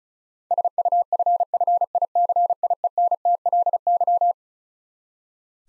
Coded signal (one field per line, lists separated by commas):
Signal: Morse code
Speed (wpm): 36 wpm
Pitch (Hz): 700 Hz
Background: none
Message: SUFFICIENTLY